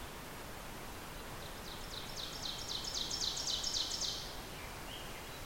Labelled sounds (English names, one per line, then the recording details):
Ovenbird song
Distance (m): 65 m
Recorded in boreal forest in Alberta, Canada, on 14 June 2016 at 06:41
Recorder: SongMeter 3, array SBT-3-33
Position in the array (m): 111 m, 79 m
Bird 21